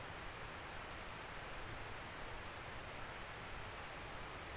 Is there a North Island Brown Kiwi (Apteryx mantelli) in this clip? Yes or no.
no